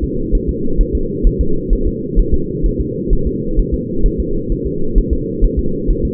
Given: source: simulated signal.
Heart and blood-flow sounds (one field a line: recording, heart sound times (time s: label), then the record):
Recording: fetal heart sounds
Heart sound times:
0.04 s: S2
0.35 s: S1
0.49 s: S2
0.81 s: S1
0.95 s: S2
1.27 s: S1
1.41 s: S2
1.73 s: S1
1.87 s: S2
2.19 s: S1
2.34 s: S2
2.66 s: S1
2.81 s: S2
3.13 s: S1
3.27 s: S2
3.59 s: S1
3.74 s: S2
4.06 s: S1
4.20 s: S2
4.52 s: S1
4.67 s: S2
4.98 s: S1
5.13 s: S2
5.44 s: S1
5.59 s: S2
5.91 s: S1
6.05 s: S2
From the record:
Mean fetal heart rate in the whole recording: 130 bpm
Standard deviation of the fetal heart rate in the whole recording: 2 bpm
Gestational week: 38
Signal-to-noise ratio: -8.1 dB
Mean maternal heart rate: 72 bpm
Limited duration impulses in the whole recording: absent